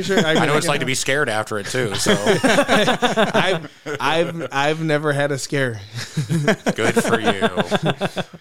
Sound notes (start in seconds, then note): 1.8 laughing; 5.9 laughing